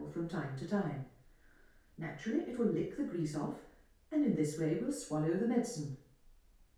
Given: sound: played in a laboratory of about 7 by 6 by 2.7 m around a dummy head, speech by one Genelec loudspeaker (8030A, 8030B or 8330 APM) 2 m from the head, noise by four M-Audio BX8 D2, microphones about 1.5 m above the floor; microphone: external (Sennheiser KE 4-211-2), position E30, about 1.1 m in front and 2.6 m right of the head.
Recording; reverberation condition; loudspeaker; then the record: female speech in English; medium; 60 degrees to the left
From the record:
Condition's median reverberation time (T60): about 510 ms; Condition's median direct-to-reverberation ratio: about -0.5 dB